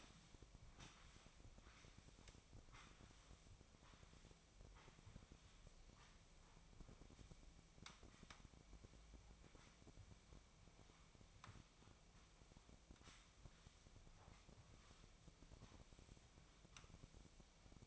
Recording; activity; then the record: daily activity, microphone in the room; sweep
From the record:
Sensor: 1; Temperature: 24.4 degrees Celsius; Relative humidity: 39.3%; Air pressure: 1003.1 hPa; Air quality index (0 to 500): 197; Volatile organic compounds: 6 ppm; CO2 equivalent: 1887 ppm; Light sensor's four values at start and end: 16/38/16/19 and 15/38/16/19